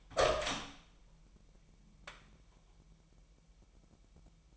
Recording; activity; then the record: daily activity, microphone in the room; open door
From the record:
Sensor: 1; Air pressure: 998.4 hPa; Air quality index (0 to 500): 134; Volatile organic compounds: 4 ppm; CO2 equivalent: 1605 ppm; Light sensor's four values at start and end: 18/61/24/25 and 18/61/24/25